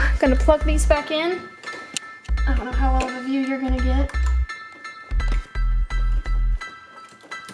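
While a Mishimoto radiator is being reinstalled on a 2002 Subaru WRX, a plastic electrical connector is handled near its mating plug on the radiator fan harness as someone talks over background music, with a few brief sharp ticks. The connector has not clicked or seated yet by the end of the clip.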